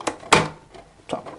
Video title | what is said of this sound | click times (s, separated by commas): Schleich 42502 Tierarzt Praxis mit Haustieren | Das ist eingerastet, das ist so eine ganz kleine Vertiefung. | 0.3 s